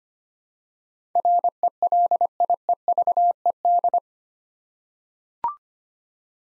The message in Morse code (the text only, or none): RELIEVED